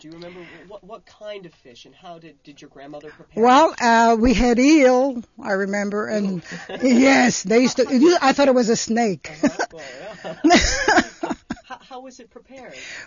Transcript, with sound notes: Do you remember what kind of fish and how did, did your grandmother prepare it?
Well, we had eel I remember, and... (they laugh) Yes. They still, you know, I thought it was a snake.
(they laugh) How, how was it prepared?